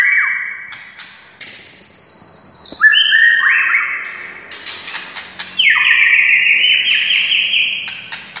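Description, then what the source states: White-rumped shama song: loud fluty whistles and buzzy trills stepping between high and middle pitches, with sharp clicking accents through the phrase. Wild bird.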